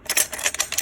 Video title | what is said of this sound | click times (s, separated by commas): GVM 80W Video Light, Studio Lights for Photography, Softbox Lighting Kit with Bowens Mount, CRI97+ | and then to the left, you'll hear it lock in place. | 0.5 s